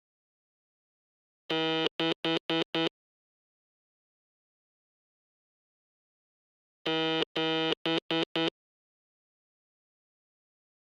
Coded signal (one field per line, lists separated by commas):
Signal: Morse code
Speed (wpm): 9 wpm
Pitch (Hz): 330 Hz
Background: none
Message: 6 7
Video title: MORSE CODE `S´ - (Sound Effect) 🔊🔊